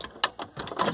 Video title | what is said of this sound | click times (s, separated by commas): How to Replace Rear Brake Light Bulb on BMW 3-Series (E90 E92) | We're going to push it in until it clicks. | 0.2 s